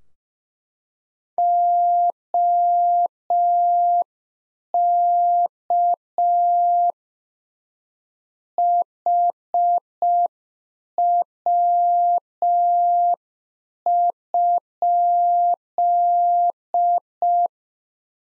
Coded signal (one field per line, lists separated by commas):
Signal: Morse code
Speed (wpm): 5 wpm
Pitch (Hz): 700 Hz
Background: none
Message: OK HW?